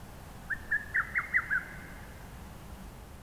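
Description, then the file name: Lesser cuckoo song: one quick phrase of about six loud, sharp whistled notes lasting a second, over a steady low rumble of background noise. "hototogisu"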